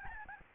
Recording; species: mosquito wingbeat signal from an infrared sensor; Aedes albopictus